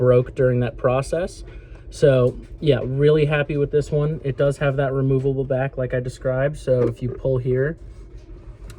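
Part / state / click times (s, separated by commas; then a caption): removable back plate held by magnet mounts on a plastic helmet shell / released / 8.7 s. Someone talks, then pulls on the removable back plate of a 3D-printed plastic cosplay helmet, which is held on by magnet mounts. At 8.7 s the magnets let go with a short, sharp sound and the back plate pops open, opening the helmet up so a head can slip in.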